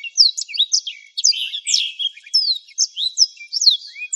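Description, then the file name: Black-throated Canary: blackthroat pouring out a rapid, high, canary-like twittering warble of slurred whistles and short buzzy phrases. "suara burung blackthroat"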